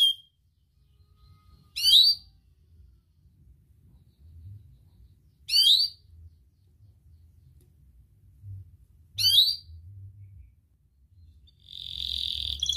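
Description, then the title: Atlantic canary giving a few short sharp notes separated by pauses of a few seconds, then a buzzy trill starting at the end. Kenari described as gacor (actively singing), with the best cengkok (song phrasing) and the most lavish isian (fill-in song); kicaumania songbird hobby context. "Kenari Gacor Cengkok Terbaik Isian Paling Mewah Kenarigacor Kicaumania Kenari"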